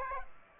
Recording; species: mosquito wingbeat signal from an infrared sensor; Aedes aegypti